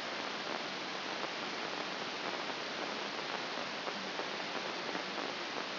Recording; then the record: brain microelectrode recording played as sound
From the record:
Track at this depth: outside the subthalamic nucleus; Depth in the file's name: 5.816 mm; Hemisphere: left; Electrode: 2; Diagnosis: Parkinson's disease